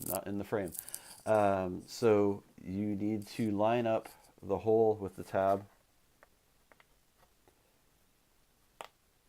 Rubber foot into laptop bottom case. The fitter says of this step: don't know if you could hear that but there's a little click as you get it right and then